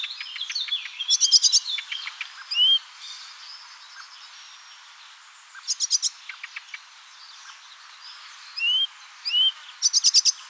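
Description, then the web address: Bird calls: clusters of rapid high ticks and rattles with short upslurred whistles, separated by quieter gaps. "ornitologiya slovar Ptichki"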